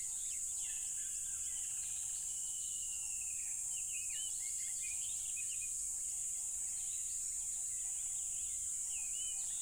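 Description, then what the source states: Cricket chorus: a loud, continuous, very high-pitched trill without pauses, overlaid by varied chirping and whistling calls of birds or other animals. Loud crickets by a tropical river.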